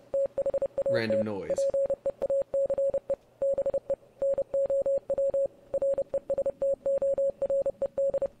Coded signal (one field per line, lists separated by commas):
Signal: Morse code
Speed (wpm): 30 wpm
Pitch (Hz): 550 Hz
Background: speech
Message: THAT PEACE BE NOW RESTORED